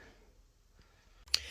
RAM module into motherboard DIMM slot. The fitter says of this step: once you use a little bit of force the little ends over here will click down